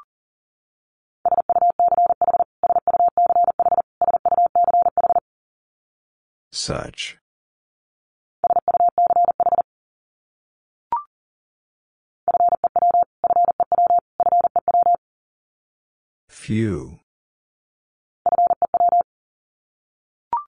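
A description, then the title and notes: Morse code sent as a steady mid-pitched beeping tone, keyed in quick runs of dots and dashes with gaps of silence between groups. Twice, around seven and sixteen seconds, a brief sweeping whoosh cuts in, and a few faint clicks sit in the pauses. Top 300 Words Repeated 40wpm. First, the word is sent three times in Morse code. Finally, it is sent again in Morse code.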